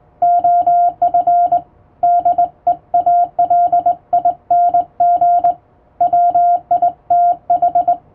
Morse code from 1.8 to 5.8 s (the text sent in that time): DEALING